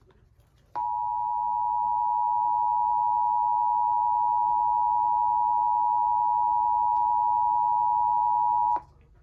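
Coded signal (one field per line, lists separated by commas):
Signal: Emergency Alert System (SAME) tones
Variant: 853 and 960 Hz attention tone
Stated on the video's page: Pennsylvania required monthly test of the emergency alert system, scheduled for 9:15 AM.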